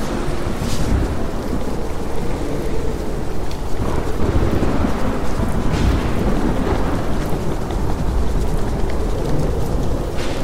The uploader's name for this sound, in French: Sons de TEMPÊTE, triggers ASMR, douce mélodie au PIANO